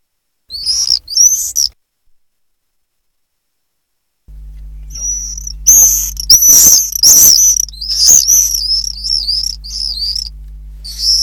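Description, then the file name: Common swift screams, two brief shrill bursts, then a pause, then a dense loud series of buzzy trilled screams with sharp clicks, over a low hum. "apus apus"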